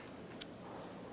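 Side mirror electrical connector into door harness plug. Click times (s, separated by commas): 0.4 s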